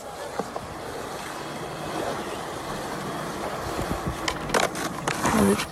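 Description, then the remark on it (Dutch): A skateboard with hard wheels rolls steadily, a continuous gritty rumble with sharp clacks and thumps toward the end as it bumps over cracks or joints. “Ik hoor wel harde wielen. Ik hoor echt harde wielen.”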